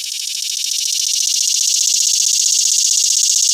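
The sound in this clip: Swamp cicada producing a loud, continuous grating buzz with a fast pulsing texture, rising slightly at the start and then holding steady throughout.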